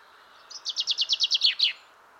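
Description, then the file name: Common chaffinch delivering one brisk song phrase, a steady run of repeated bright chirps before a final flourish. "Fringilla coelebs"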